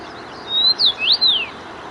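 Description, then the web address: Common rosefinch giving one clear whistled phrase, four sliding notes going up and down, against a soft constant hiss. Zakole Wawerskie, Warsaw. "zakole-wawerskie nagrania dziwonia"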